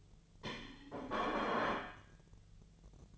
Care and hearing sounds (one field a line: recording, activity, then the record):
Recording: daily activity, microphone in the room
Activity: place plate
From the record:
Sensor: 4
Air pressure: 1010.2 hPa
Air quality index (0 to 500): 181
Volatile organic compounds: 5 ppm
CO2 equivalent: 1834 ppm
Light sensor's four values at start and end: 31/93/36/36 and 31/93/36/36